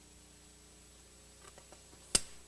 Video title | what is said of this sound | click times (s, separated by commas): Rebuild Your Auto Tranny Part 7 Assembly | it snaps into place this | 2.2 s